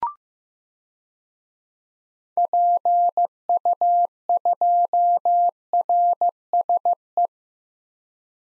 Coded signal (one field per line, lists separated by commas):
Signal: Morse code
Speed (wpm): 16 wpm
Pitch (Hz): 700 Hz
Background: none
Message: PU2RSE